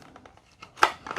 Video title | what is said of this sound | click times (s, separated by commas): Roborock Q Revo Robot Vacuum and Mop REVIEW | And it should snap into place and be nice and flush with that O-ring out. | 0.8 s